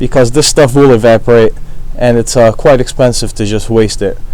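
A screw or snap cap on a bottle of vinyl remover solvent is being handled, with the cap to be replaced until it clicks so the solvent won't evaporate and go to waste. Someone talks throughout the clip. The cap has not clicked or seated yet.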